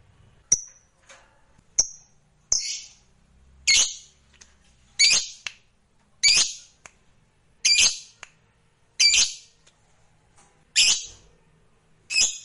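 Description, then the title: Lovebird calling in a series of rasping squawks, opened by two thin high whistled notes. Fighter lovebird singing energetically (gacor). "Berkat SUARA Lovebird FIGHTER GACOR Ini"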